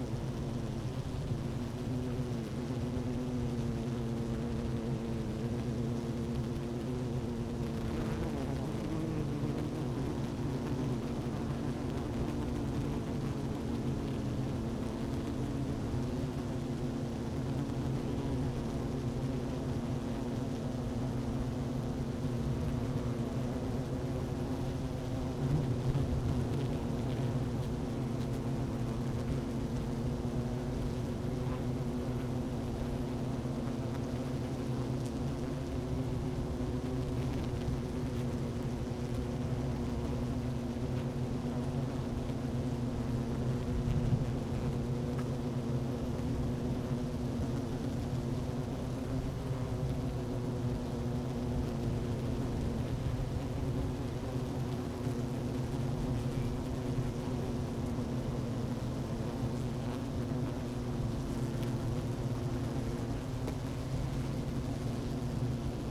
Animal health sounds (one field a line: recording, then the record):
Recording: honeybee colony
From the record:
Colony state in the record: active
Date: 12 June 2018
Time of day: 11:44